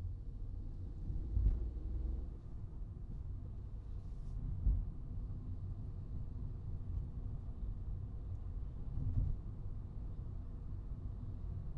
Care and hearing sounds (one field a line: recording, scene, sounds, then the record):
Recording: everyday scene through a hearing-aid microphone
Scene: in a vehicle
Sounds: engine, highway traffic jam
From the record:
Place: Skoda Fabia, gasoline engine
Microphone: in the ear canal, right